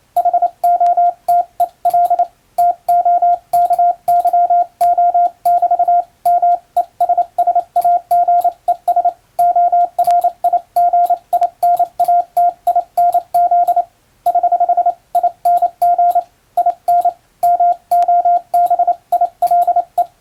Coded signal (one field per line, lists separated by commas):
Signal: Morse code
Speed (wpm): 28 wpm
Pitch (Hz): 700 Hz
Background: radio noise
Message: HOTEL TOKYO <BT> MESSAGES ORIGINATINZ <HH> ING IN MOBILE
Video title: 昭和の通信方法、懐かしいモールス信号を打ってみた！暗号を使うようでカッコいいかな？欧文モールス符号を打ってみました！YouTubeの速度を調整して聴いてみよう morse code practice